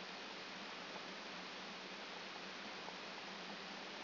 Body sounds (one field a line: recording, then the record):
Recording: brain microelectrode recording played as sound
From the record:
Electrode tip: outside the subthalamic nucleus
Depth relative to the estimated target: -6 mm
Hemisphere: left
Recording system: AlphaMap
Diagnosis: Parkinson's disease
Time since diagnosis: 14 years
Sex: female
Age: 58 years